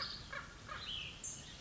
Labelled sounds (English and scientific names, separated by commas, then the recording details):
Cassin's Vireo (Vireo cassinii)
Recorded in Sonoma County, California